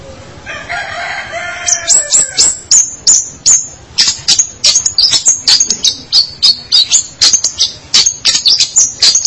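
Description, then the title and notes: Long-tailed shrike song: a harsh, scratchy opening phrase, then a rapid run of sharp, high, clipped notes about three per second, some slurred and chattering. "Pentet 201703. Suara burung pentet"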